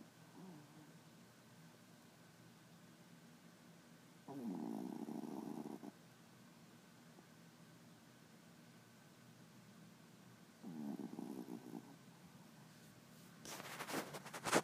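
Two low, rumbling, rattly snores come about six seconds apart, each lasting a second or two, slow sleep breathing of around ten breaths a minute. This is the ordinary snoring of a small dog at rest. A brief rustling noise closes the clip.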